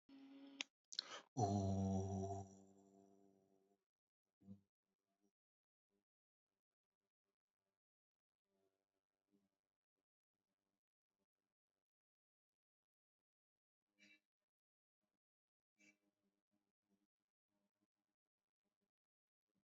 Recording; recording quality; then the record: sustained vowel as in boot; excellent, no background noise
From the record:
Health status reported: healthy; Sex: male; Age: 27 years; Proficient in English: yes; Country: India